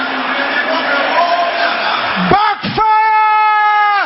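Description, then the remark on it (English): An audience of men at a Christian prayer service shouts loudly together in a dense, ragged roar for about two seconds, then one voice breaks out in a long, sustained, steady-pitched yell. “Brothers, can I hear you roaring like thunder?”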